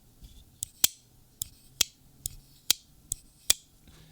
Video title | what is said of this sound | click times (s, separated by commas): NEW Knife Model Drops and It's RIDICULOUSLY GOOD LOOKING! | it makes an audible click clicking sound and it sucks the blade back in right when it gets down | 0.8 s, 1.4 s, 1.8 s, 2.7 s, 3.1 s, 3.5 s